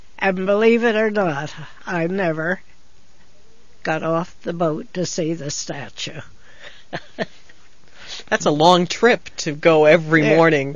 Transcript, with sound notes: and, believe it or not, I never got off the boat to see the Statue. (she laughs)
That's a long trip to go every morning.